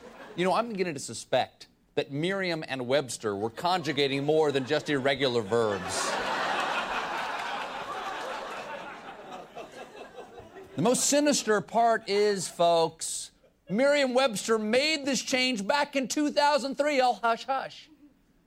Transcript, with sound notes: You know, I'm beginning to suspect that Merriam and Webster were conjugating more than just irregular verbs.
(LAUGHTER)
The most sinister part is, folks, Merriam-Webster made this change back in 2003, all hush-hush.